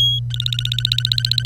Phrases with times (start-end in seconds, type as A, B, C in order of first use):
0.00-0.20 A, 0.30-1.46 B